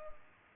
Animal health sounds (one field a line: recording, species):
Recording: mosquito wingbeat signal from an infrared sensor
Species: Culex pipiens